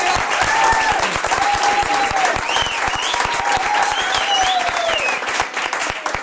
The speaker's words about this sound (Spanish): Un aplauso para él.